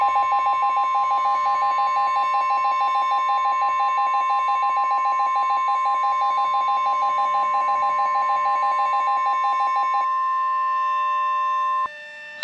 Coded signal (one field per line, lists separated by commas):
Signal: Emergency Alert System (SAME) tones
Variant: 1050 Hz attention tone